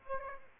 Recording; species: mosquito wingbeat signal from an infrared sensor; Aedes aegypti